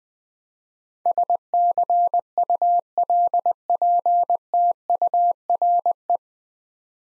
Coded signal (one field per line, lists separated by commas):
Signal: Morse code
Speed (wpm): 21 wpm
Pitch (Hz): 700 Hz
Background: none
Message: SCULPTURE